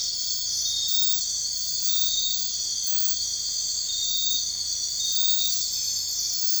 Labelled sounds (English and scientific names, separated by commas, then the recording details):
none
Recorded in dense forest near Puerto Asís, Putumayo, Colombia, on 21 March 2025 at 03:00
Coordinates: 0.484, -76.317
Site G064